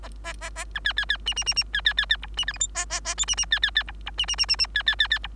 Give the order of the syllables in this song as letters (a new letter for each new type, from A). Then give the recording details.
A A A B C C C D D D D C C C C E D F G H A A A I D D C C C E E D D D D D C C C C E. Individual Bird3